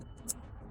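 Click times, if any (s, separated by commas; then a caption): 0.3 s. Two small wiring-harness connectors from a master control box are pushed into the matching vehicle connectors during installation on a 2025+ new Model Y. Over a low steady background, a sharp, short click is heard at 0.3 s. The connector seats.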